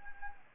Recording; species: mosquito wingbeat signal from an infrared sensor; Anopheles gambiae